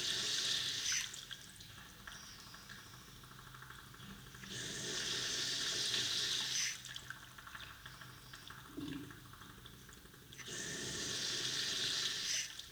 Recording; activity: daily activity, guitar pickup as the sensor; flush